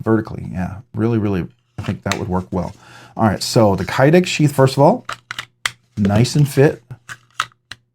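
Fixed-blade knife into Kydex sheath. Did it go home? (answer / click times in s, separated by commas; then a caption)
yes / 7.4 s. Someone talks while a fixed-blade knife, a Black Bird Blades Grackle prototype, is pushed into its molded Kydex sheath. Sharp clicks are heard near the end, and the knife snaps into retention and is seated at 7.4 s.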